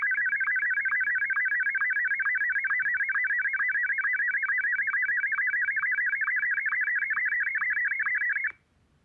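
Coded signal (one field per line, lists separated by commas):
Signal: SSTV (slow-scan television)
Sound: rapid, regular warbling tone hopping between a few pitches for about 8.5 seconds, then silence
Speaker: So, I think you can already tell what's going to happen when I start it.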